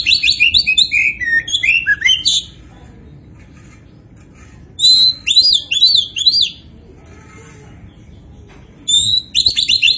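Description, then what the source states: Oriental magpie-robin song of varied whistles and rising-falling sweeps in three bursts, with quiet pauses between them. Kacer poci type of Oriental magpie-robin, described as gacor (singing vigorously and continuously).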